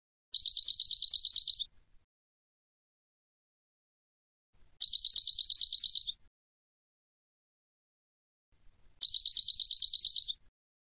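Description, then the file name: European goldfinch, three identical buzzy rattling phrases, each a little over a second long, spaced a few seconds apart. "Carduelis carduelis"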